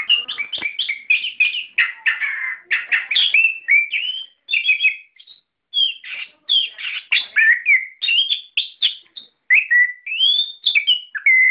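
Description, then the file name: Songbird song, a fast run of varied whistles, chirps and slurred notes, high-pitched and tumbling, with a few pauses. Masteran, song-training recording for cage birds. "ak-masteran -omkicau"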